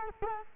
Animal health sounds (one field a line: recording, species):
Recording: mosquito wingbeat signal from an infrared sensor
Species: Culex quinquefasciatus